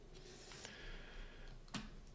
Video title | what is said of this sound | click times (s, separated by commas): Upgrade Your Dell XPS 15 to Maximize RAM and Storage | and just press that down. It should clip into place here. | 1.8 s